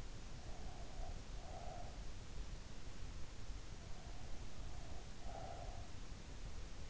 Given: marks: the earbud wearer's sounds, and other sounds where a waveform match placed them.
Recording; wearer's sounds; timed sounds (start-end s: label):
sounds in sleep by an in-ear microphone; breath
0.43-1.91 s: breath
4.63-6.00 s: breath